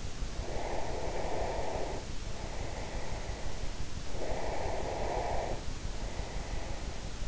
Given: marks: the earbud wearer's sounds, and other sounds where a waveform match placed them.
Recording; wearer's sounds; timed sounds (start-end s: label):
sounds in sleep by an in-ear microphone; breath
0.23-3.62 s: breath
3.89-7.28 s: breath